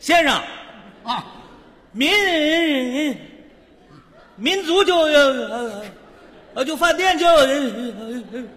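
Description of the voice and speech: Man imitating a stutter in Mandarin: long, strained, wavering syllable prolongations and repeated words between pauses, acted for comedy.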